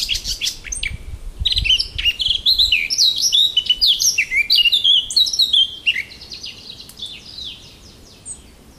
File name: ЧЕРНОГОЛОВКА